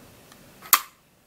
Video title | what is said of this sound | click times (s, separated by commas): Lightake Package: 69 Club Platypus & Cubetwist Siamese Star Shaped 3x3 Shape Mod | like it snaps into place like that | 0.7 s